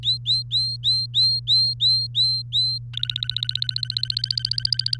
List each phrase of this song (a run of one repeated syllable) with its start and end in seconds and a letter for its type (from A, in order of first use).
0.03-2.79 A, 2.93-4.97 B